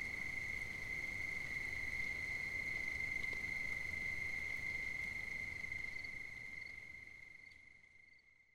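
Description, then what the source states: Cricket chorus as an unbroken high-pitched trill with fainter overtones, the whole sound fading away toward the end. At night on 5 September 2009.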